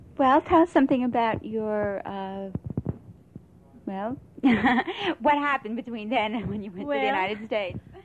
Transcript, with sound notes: Well, tell us something about your--well, (laughs) what happened between then and when you went to the United States?